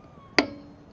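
A 1/2 in. drive click-type torque wrench tightens a wheel lug nut in crisscross order against a quiet background. At 0.4 s it gives one sharp, loud click with a short metallic ring that fades over about half a second. The click confirms the lug nut has reached the set torque.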